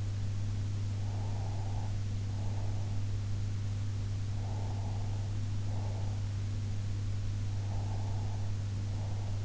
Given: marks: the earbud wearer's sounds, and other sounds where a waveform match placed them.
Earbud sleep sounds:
sounds in sleep by an in-ear microphone; breath
1.04-3.04 s: breath
4.46-6.19 s: breath
7.67-9.45 s: breath

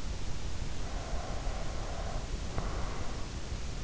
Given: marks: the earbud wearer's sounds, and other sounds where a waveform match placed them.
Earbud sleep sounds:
sounds in sleep by an in-ear microphone; breath
0.85-3.29 s: breath

